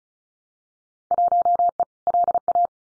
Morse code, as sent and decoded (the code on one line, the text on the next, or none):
.---- . / .-.. .-
1E LA